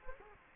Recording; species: mosquito wingbeat signal from an infrared sensor; Culex quinquefasciatus